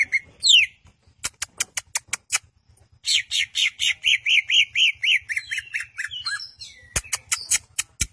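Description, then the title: Greater green leafbird song: rapid varied whistled and buzzy phrases, a long run of repeated descending notes around the middle, interspersed with sharp clicks. Champion singer with lively, constant song, used as a master song for training other birds. "Cucak Ijo Juara Suara Kicau Cucak Ijo Gacor Masteran Cucak Hijau"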